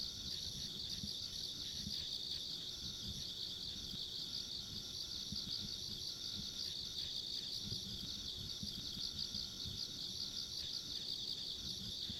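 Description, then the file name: Insects chirring in a dense, continuous high chorus, with finer trills above it and a low rumble of background noise throughout. Ambient insect sounds along a rural country road. "田舎道の虫の環境音"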